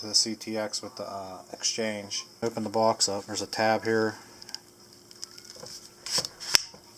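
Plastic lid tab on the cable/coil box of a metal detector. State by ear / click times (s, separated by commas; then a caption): released / 6.6 s. Someone talks about a Minelab CTX 3030 metal detector, then pulls the tab on the plastic lid of its cable/coil box, giving a few small ticks and taps. The lid snaps open with a loud, sharp click at 6.5 s.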